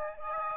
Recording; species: mosquito wingbeat signal from an infrared sensor; Aedes aegypti